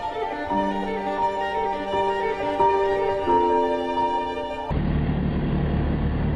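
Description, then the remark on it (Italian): A loud, deafening, steady mechanical drone with strong tonal harmonics that shift pitch a few times, then abruptly gives way to a rougher, lower roar of engine noise, from insecticide fogging machines running outside the Osvaldo Cruz hospital in Recife, Brazil. “Il rumore delle macchine per spargere insetticidi fuori dall'ospedale Osvaldo Cruz è assordante.”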